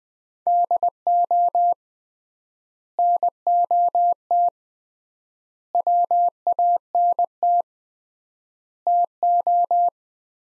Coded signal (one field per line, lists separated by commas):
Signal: Morse code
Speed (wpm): 21 wpm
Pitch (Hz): 700 Hz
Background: none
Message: DO NOT WANT TO